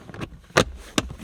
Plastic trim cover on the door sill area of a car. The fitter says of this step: again just snaps into place so now